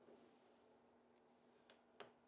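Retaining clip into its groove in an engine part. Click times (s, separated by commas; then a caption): 2.0 s. During reassembly of a 1967 Triumph TR6 motorcycle engine, a circlip is pressed into its groove in an engine part. Over a low steady hum, a faint tick comes at 1.7 s, then a sharp, bright snap at 2.0 s as the clip seats in the groove, followed by a softer tick at the very end. The circlip is confirmed seated.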